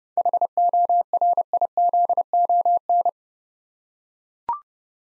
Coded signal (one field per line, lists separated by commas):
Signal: Morse code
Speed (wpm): 30 wpm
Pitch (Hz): 700 Hz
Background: none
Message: HORIZON